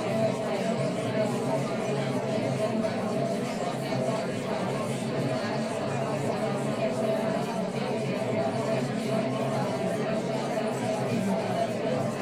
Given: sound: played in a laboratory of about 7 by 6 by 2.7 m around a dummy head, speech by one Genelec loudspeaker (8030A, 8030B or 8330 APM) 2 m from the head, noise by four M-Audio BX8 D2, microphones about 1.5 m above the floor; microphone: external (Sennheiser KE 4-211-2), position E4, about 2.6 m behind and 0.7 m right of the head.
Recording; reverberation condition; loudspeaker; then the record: babble noise; low; four, about 170 cm from the corners of the room and facing them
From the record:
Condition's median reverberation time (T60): about 310 ms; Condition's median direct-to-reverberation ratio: about 3.5 dB